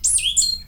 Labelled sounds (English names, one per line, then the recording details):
Stitchbird song
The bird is a male
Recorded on Tiritiri Matangi Island, New Zealand, in 2005
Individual 22, of nest box 31